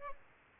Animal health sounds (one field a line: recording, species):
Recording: mosquito wingbeat signal from an infrared sensor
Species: Aedes aegypti